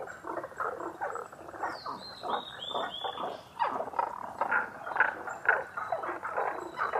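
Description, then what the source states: Tago's brown frog chorus of overlapping croaks, roughly two per second, with a descending string of high whistled notes around two to three seconds. Recorded 11 June 2010 at 18:05.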